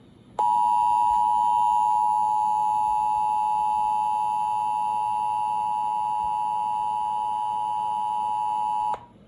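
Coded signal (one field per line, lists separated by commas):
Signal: Emergency Alert System (SAME) tones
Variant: 853 and 960 Hz attention tone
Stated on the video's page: Real EAS alerts received, mostly flash flood warnings plus a severe thunderstorm warning.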